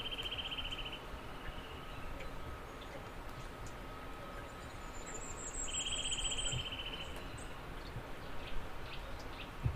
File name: Sitta europaea